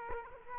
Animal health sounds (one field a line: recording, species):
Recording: mosquito wingbeat signal from an infrared sensor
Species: Culex quinquefasciatus